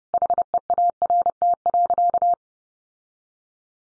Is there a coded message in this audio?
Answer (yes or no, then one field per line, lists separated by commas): yes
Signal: Morse code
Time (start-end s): 0.1-2.3 s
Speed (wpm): 30 wpm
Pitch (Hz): 700 Hz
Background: none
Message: HEART.